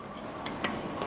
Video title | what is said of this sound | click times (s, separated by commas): Thaiwatsadu Channel EP.11 ฝ้าเพดานยิปซั่ม Gyproc Therma Line 1 | นี้เองนะครับแค่นี้เองใช่แค่นี้ก็เข้าล็อคครับเข้าล็อกแล้วไม่ขยับแล้ว | 0.5 s, 0.6 s